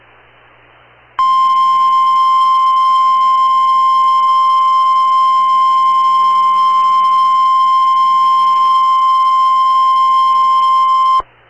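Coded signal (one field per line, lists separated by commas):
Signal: Emergency Alert System (SAME) tones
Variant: 1050 Hz attention tone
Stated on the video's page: Real tornado warning.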